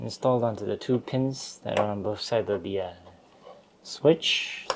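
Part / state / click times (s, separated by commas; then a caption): plastic mounting bracket onto model switch pins / not seated / none. A small plastic mounting bracket, with a wire fed through it, is handled and lined up to go onto the two pins on either side of a switch on a scale model of the Aston Martin DB5. Someone talks throughout, with a few faint handling sounds. Nothing has clicked or seated yet when the clip ends.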